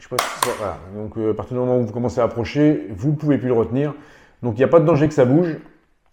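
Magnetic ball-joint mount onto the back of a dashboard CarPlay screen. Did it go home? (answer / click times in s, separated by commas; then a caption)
no / none. A magnetic ball-joint mount is brought toward the back of a CARPODGO T3 PRO dashboard CarPlay screen, where a magnet with 8 kg of force takes hold. Someone talks throughout, with only faint, brief ticks at the very end. The mount has not seated or clicked onto the screen yet.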